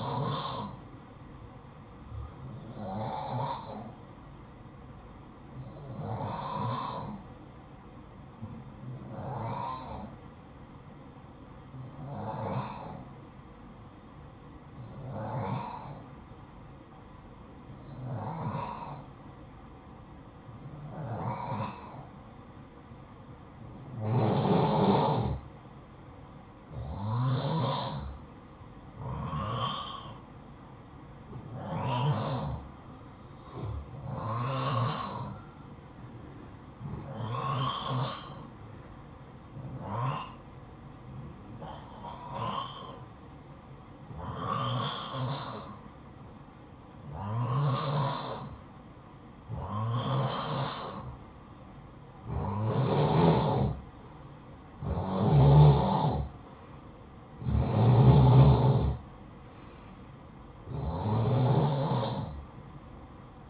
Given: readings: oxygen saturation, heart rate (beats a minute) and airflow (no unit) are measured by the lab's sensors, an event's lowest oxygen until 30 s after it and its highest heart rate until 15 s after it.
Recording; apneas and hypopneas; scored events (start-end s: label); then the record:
breathing in sleep by a smartphone at the bedside; 1
13.00-53.30 s: hypopnea (N2, oxygen 93% highest, then 88% lowest, heart rate 57 at the start, 62 highest)
From the record:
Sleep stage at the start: N2 (light sleep); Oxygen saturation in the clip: 88 to 93%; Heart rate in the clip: 52 to 62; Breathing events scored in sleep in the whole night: 573 in 9.8 hours asleep